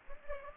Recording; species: mosquito wingbeat signal from an infrared sensor; Aedes aegypti